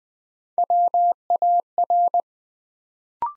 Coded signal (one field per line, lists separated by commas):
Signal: Morse code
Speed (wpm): 20 wpm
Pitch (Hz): 700 Hz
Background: none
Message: WAR